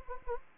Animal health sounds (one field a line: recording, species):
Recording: mosquito wingbeat signal from an infrared sensor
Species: Anopheles gambiae